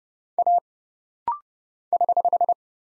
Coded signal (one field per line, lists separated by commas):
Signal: Morse code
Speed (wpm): 31 wpm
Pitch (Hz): 700 Hz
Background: none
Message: A <HH>